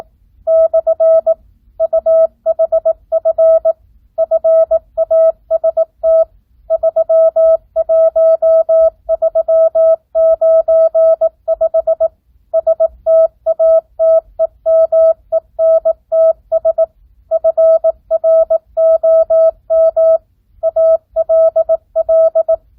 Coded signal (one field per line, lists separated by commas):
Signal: Morse code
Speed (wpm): 18 wpm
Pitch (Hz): 650 Hz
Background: none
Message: / UHF FAST 31395 STATEMENTS FROM ALL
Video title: Recieve Morse Code 9th Grade